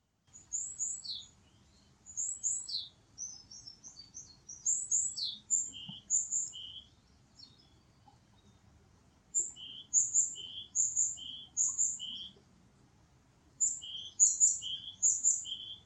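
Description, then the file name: Japanese tit song: high thin notes followed by lower whistled notes, repeated in quick phrases with short pauses between bursts, over a faint low background hum. "sizyuukara"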